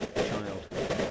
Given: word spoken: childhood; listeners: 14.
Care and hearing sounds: one English word in noise, from a listening test; noise modulated by three-talker babble; -6.2 dB; 0 of 14; 14 of 14; 0.71 s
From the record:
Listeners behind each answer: 14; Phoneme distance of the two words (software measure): 21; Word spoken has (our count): 2 syllables, 7 phonemes, stress on syllable 1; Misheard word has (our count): 1 syllable, 4 phonemes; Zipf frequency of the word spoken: 4.31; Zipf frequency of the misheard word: 5.14

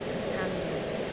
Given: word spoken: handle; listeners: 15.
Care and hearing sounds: one English word in noise, from a listening test; speech-shaped noise; -6.1 dB; 2 of 15; 10 of 15; 0.73 s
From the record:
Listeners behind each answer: 10, 2, 1, 1, 1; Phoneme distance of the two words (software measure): 10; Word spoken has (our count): 2 syllables, 5 phonemes, stress on syllable 1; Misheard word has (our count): 2 syllables, 5 phonemes, stress on syllable 1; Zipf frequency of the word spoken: 4.59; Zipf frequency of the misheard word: 3.79

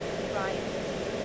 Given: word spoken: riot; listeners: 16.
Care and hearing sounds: one English word in noise, from a listening test; speech-shaped noise; -7.0 dB; 0 of 16; 7 of 16; 0.85 s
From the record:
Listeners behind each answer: 7, 3, 2, 2, 1, 1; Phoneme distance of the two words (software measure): 7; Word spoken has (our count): 2 syllables, 4 phonemes, stress on syllable 1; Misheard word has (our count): 1 syllable, 3 phonemes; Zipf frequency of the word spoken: 3.94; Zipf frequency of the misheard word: 6.36

